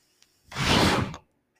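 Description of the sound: A single airy whoosh lasting under a second swells quickly, holds, then fades, with near silence before and after. It is the rush of air from a home mechanical ventilator delivering one breath.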